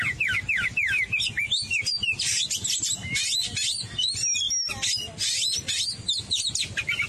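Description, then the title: Oriental magpie-robin song: a rapid, varied run of sweet whistles, slurred notes and harsh buzzy bursts, delivered almost without pause. "Kacer"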